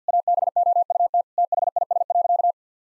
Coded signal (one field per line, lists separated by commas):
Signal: Morse code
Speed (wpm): 50 wpm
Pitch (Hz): 700 Hz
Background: none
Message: ABOUT THIS.